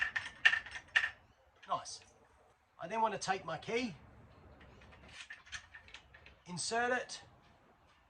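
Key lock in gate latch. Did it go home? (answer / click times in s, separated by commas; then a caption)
no / none. A key is handled at the key lock of a Lokklatch Deluxe gate latch on double gates, where a missing click would mean the rod length is wrong. Two sharp metallic ticks come at about 0.2 and 1.0 s, then a run of light ticks between 5.3 and 6.3 s as someone talks. Nothing has clicked locked yet.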